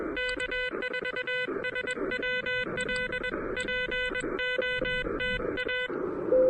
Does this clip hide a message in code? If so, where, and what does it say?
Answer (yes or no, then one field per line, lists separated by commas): yes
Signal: Morse code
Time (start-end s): 0.2-5.9 s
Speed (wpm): 21 wpm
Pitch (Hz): 1500 Hz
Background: music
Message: K4SWL POTA